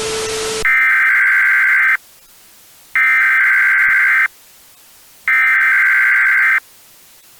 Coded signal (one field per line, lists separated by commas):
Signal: Emergency Alert System (SAME) tones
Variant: header bursts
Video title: EAS Scenario: DON'T LOOK BEHIND YOU [FULL]